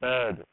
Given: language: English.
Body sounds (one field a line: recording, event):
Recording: throat vibration sensor signal played as sound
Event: speech